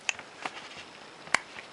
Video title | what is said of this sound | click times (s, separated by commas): Parker Duofold AF Fountain Pen Sac Replacement | there we go and you could hear that little click it's clicked into place | 1.4 s